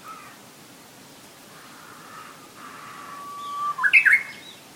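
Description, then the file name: Japanese bush warbler song: faint whistles, then a long steady whistled note ending in a quick, loud flourish near the end. "uguisu"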